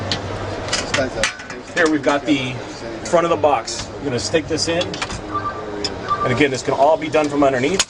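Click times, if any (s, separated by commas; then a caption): none. The front panel of a window shade ceiling pocket box is handled from underneath and raised toward its ceiling bracket while someone talks, with a few sharp knocks along the way. Nothing has seated or snapped into the bracket yet.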